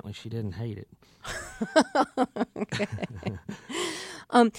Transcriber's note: laughter